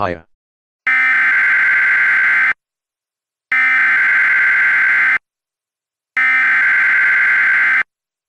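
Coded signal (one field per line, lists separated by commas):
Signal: Emergency Alert System (SAME) tones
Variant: header bursts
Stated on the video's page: Reenactment mock using valid EAS tones for a severe thunderstorm warning.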